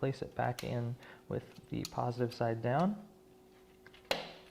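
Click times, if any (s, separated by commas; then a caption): 4.1 s. A new CR1616 3-volt coin cell battery is placed positive side down into the battery holder of a 2005–2013 Honda CR-Z key fob and pressed until the small prongs hold it. Someone talks for the first three seconds, a couple of faint ticks follow, and a sharp click at 4.1 s marks the battery popping into place, seated.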